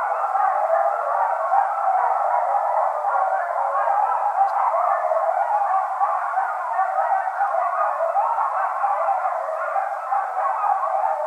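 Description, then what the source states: Coyotes: a dense, blended chorus, loud and unbroken throughout, with individual calls hard to pick apart. Several coyotes, 14 January 2012.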